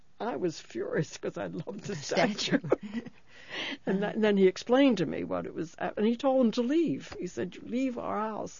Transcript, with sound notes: I was furious, because I loved the statue. ( they laugh ) And then he explained to me what was happening, and he told them to leave. He said, "You leave our house!"